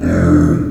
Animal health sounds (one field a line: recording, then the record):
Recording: squeal of a Yucatan mini pig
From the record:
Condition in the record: after surgery on the right vocal fold (resection and tissue-engineered implant)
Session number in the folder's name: 7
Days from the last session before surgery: 47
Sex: female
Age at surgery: 19 weeks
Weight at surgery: 25 kg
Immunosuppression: prednisolone